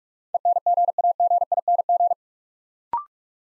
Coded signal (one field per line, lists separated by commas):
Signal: Morse code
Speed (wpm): 44 wpm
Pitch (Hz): 700 Hz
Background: none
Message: ENGAGING